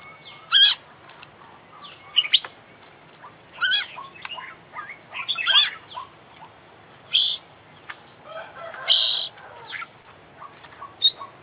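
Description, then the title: Oriental magpie-robin song in short separated bursts of sweet whistles and sharp chirps, with brief pauses between phrases. Champion bird from an Indonesian songbird contest, international winner; full isian (fill-in song material) used for training; described as gacor, singing constantly. "Kicau Mania - Full Isian Juara Internasional Burung KACER Gacor"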